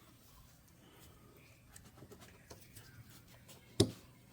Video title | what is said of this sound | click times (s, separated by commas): Expansion valve replacement on 2015 mack pinnacle (full video) #dieselmechanic | it snap out. Snap like it was a puzzle piece. | 3.8 s